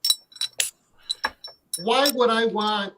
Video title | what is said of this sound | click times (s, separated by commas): The Difference with Zaharoff Royale XXX Batch 2: TLTG LIVE | When you close the cap on the bottle, you hear the click. | 0.6 s